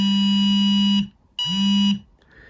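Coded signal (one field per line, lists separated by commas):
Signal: beep code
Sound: two harsh buzzer beeps, one long then one shorter, with a pause between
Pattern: 1 long, 1 short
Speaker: it's a slightly different pattern it's long and then short as you heard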